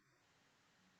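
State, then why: Not seated. The male half of a metal press stud is placed over its prong ring, pushed through the fabric of a quilted cotton pouch, and pressed on by hand. Only a steady, low, noise-like hiss is heard, with no distinct snap. Nothing has seated or clicked yet.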